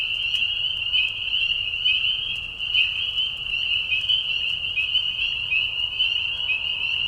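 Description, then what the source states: Spring peeper chorus of high whistles, several distinct rising peeps repeating over the constant shrill background. Mating call of peepers, high whistles, in a marsh at night during a short spring season; Tiny Marsh Conservation Area, Tiny, Ontario.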